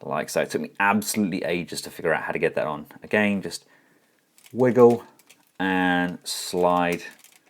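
Someone talks while handling a plastic attachment piece of a Takara Tomy Transformers MP36 Masterpiece Megatron action figure, wiggling and sliding it onto the figure's body because it is not simple to connect. Only faint, brief handling sounds come through between the talking. Nothing has seated or clicked into place yet by the end.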